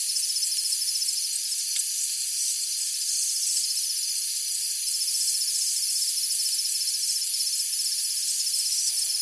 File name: zapsplat animals insects night summer tropical eq layer for low level background